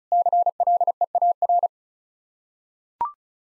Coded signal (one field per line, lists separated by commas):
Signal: Morse code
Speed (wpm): 34 wpm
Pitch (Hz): 700 Hz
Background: none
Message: CLEAR